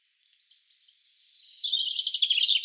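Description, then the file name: European robin song beginning soft and thin, then bursting into a loud, rapid, high twittering trill of tightly packed notes. "Erithacus rubecula"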